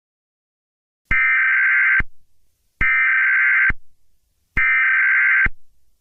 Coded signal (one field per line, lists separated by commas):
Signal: Emergency Alert System (SAME) tones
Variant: header bursts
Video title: (EAS Scenario) Canada Civil War: Oakville vs. Canada